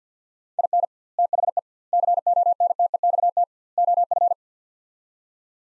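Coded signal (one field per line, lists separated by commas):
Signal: Morse code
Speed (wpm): 48 wpm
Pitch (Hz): 700 Hz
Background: none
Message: IN THE CONTEXT OF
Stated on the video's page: Morse practice of four-word sets at 50 wpm with 2x word spacing, a Farnsworth-like method applied to words.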